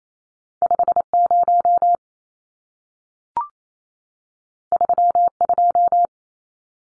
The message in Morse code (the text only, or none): 50 32